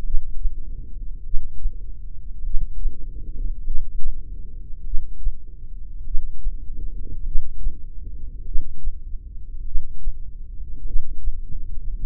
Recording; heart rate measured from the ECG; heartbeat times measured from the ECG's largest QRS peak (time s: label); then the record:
heart sounds by microphone in the left ear; 50 bpm
0.05 s: heartbeat
1.25 s: heartbeat
2.46 s: heartbeat
3.66 s: heartbeat
4.86 s: heartbeat
6.06 s: heartbeat
7.27 s: heartbeat
8.47 s: heartbeat
9.67 s: heartbeat
10.87 s: heartbeat
From the record:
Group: heart failure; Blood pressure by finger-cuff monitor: 117/66 mmHg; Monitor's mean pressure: 83 mmHg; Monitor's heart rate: 51 bpm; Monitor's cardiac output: 4.5 L/min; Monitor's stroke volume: 90 mL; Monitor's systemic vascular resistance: 1330 dyn s/cm5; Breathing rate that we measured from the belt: 16 breaths a minute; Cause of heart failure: cardiac sarcoid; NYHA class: 1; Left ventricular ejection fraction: 39%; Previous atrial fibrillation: present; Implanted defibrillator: present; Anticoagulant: apixaban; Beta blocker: carvedilol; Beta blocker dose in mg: 50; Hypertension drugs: ramipril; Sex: male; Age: 79 years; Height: 184 cm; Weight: 92.5 kg